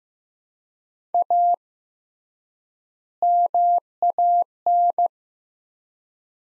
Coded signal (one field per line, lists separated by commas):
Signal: Morse code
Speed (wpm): 15 wpm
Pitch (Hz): 700 Hz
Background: none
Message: A MAN